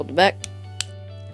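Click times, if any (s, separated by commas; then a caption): 0.8 s. A plastic D-pad is hooked in, held back, and pressed into the front shell of an Xbox 360 controller while someone talks over a steady low hum. A single sharp click at 0.8 s marks the D-pad popping into place, fully seated.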